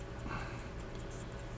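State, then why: Not seated. A metal shield is handled and positioned over a pocket watch movement, being lined up before it is pushed home with fingernails. Only a quiet, steady low hum with faint, soft high-pitched scrapes and rustles is heard. Nothing has seated or clicked yet.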